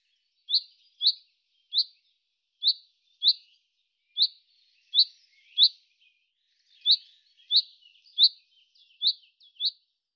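Common chaffinch giving clipped, high single call notes in an uneven series, about one or two per second, with brief faint twitters between them; background silent.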